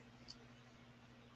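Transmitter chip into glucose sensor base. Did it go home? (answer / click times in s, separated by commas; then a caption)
yes / 0.3 s. A plastic glucose transmitter chip, turned around after first being the wrong way, is pressed into the sensor base on the arm. A short, sharp click sounds at 0.3 s over a steady low hum. The transmitter seats in the sensor housing.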